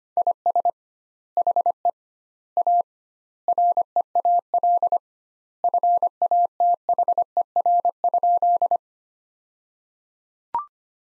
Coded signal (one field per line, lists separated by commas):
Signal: Morse code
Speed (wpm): 25 wpm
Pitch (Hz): 700 Hz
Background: none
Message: IS HE A REAL FATHER?